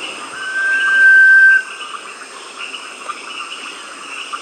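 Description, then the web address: Sunbittern giving a single long, pure, steady whistle lasting about a second, over a constant hum of insects and frogs. Recorded in Peru. "S America Sunbittern (Eurypyga helias), Peru"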